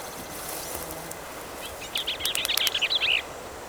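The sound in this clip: Bell's vireo song: a brisk chattering phrase of squeaky, tumbling notes, after nearly two seconds of quiet hiss.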